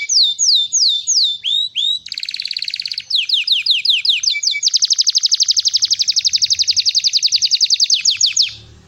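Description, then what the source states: Belgian canary singing bright descending whistles, a short buzzy rattle, more falling notes, then a long rapid rolling trill lasting several seconds. Song of a copper-coloured Belgian canary.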